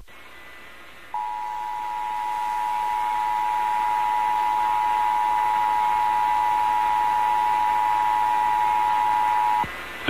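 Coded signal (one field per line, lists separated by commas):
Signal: Emergency Alert System (SAME) tones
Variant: 853 and 960 Hz attention tone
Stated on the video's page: Required Monthly Test for the SF Bay Area, relayed by Comcast and a broadcast station, among others.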